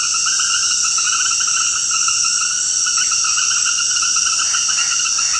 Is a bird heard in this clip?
no